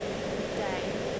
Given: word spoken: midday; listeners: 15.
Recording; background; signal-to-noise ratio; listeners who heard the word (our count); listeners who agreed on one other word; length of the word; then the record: one English word in noise, from a listening test; speech-shaped noise; -6.6 dB; 0 of 15; 12 of 15; 0.80 s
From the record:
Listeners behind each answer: 12, 2, 1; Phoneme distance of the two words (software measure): 21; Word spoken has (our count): 2 syllables, 5 phonemes, stress on syllable 2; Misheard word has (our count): 1 syllable, 2 phonemes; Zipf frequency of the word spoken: 3.64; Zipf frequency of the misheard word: 5.99